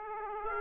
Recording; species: mosquito wingbeat signal from an infrared sensor; Aedes aegypti